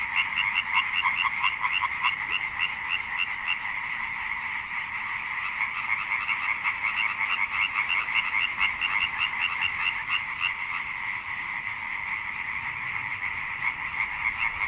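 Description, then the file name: Loud tree frog calling in fast pulsed bursts over a steady, dense chorus of other tree frogs. Loud tree frog song with a chorus of tree frogs in the background. "chant rainette ok fort avec fond sonore choeur rainette"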